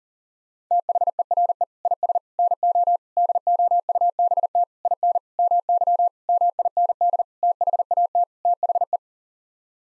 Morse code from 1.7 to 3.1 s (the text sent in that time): IS NO